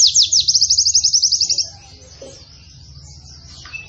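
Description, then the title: White-eye: pleci song opening with a quick high chirping trill for about one and a half seconds, followed by faint softer notes and a brief whistle. Described as a lively pleci delivering long bursting song with canary-like phrases. "Pleci Gacor. Pleci Nembak Panjang Istimewa Full Kenarian SobekSobek"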